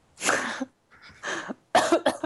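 An adult woman gives several harsh, loose coughs in quick succession, close up in a small room.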